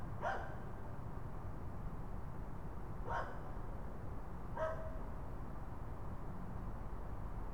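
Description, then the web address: Raccoon calls: three brief, sharp yelps, the second and third about one and a half seconds apart, against constant low rumbling noise. "phono raccoons"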